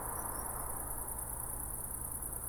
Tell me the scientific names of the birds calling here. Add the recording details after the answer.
Actitis hypoleucos. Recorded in France